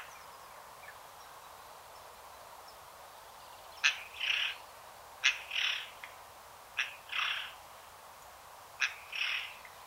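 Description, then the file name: Eurasian jay calls in four paired notes, each a sharp click followed by a short raspy burst, repeated every one to two seconds over faint background hiss. "Garrulus glandarius"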